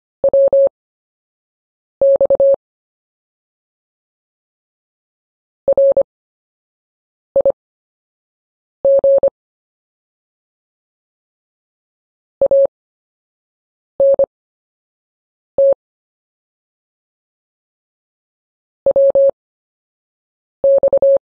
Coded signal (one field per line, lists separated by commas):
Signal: Morse code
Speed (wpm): 25 wpm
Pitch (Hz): 550 Hz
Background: none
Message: WX RIG ANT WX